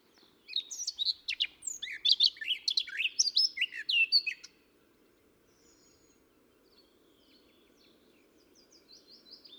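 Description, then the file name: Eurasian blackcap song: a rapid, rich warbling phrase of about four seconds, mixing scratchy and clearer notes, then near silence with a few faint high notes and low background hum. "Sylvia atricapilla"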